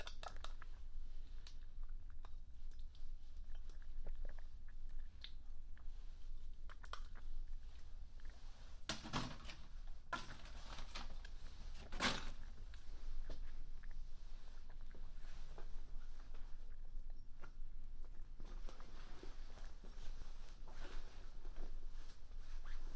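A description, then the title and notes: A quick hotel breakfast: a steady low rumble runs underneath, with scattered clicks and taps of cutlery and dishes throughout. Sharper clinks stand out near nine and twelve seconds, and a few softer knocks and shuffles fill the rest. A binaural recording of eating a quick breakfast at the hotel.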